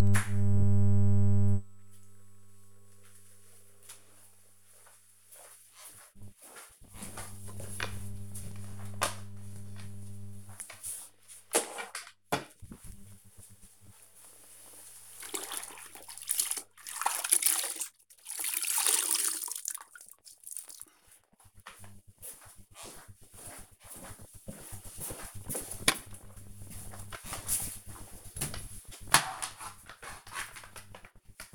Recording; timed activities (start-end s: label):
household activities, microphone on the right wrist
7.98-31.55 s: floor cleaning